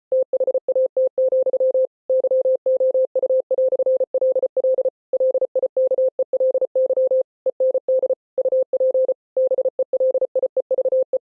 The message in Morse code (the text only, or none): THAT, YOU"LL LIKELY END UP BELIEVE